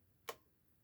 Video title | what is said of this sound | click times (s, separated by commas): WWI KODAK Vest Pocket III Film Camera for Soldiers Photography Class 607 | That's the click. | 0.3 s